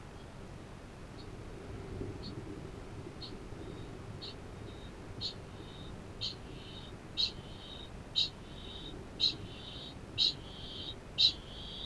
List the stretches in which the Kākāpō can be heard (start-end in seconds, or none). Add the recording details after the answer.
0.06-11.86. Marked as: faintness 3/5, faintness 2/5. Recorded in New Zealand. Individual Arab